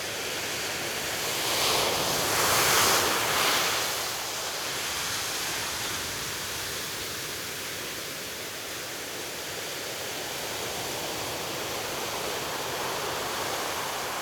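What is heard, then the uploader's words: Ocean spray hisses in a dense, steady wash that fills the high range, like falling water. Between about two and four seconds the spray swells brighter and louder, then settles back into an even, unbroken rush for the rest of the clip. Misty Ocean Spray.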